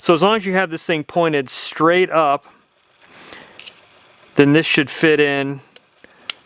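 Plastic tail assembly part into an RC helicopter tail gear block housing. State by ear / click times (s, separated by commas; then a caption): seated / 6.3 s. A plastic tail assembly part is pushed into the tail gear block housing of a Tarot 450 Pro V2 RC helicopter, lined up with its slot and pressed over the top. Someone talks, followed by a quiet pause with faint handling noise and a few small ticks. A sharp snap at 6.3 s marks the part seating in place.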